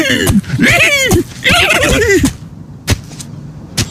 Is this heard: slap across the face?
no